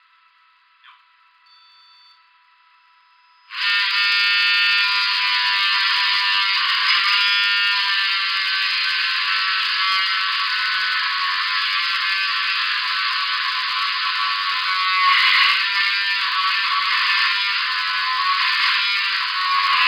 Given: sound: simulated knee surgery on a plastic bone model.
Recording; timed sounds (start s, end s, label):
surgical tools on bone
3.61	19.88	sawing